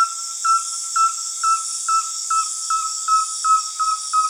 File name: Rusty belted tapaculo